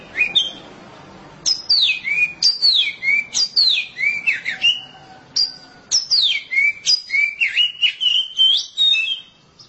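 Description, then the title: Oriental magpie-robin song: varied whistled phrases, many sweeping down from high to mid pitch, mixed with short chirps. "Suara Kicauan Burung Kacer"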